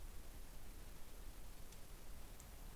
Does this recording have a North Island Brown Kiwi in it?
no